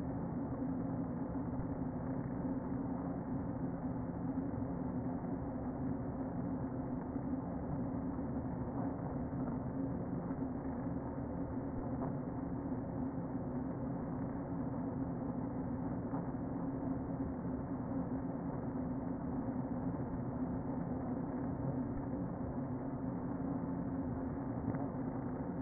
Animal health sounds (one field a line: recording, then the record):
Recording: honeybee colony, microphone inside the hive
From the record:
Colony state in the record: queen present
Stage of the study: before two queens were removed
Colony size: about 60,000 bees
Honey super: yes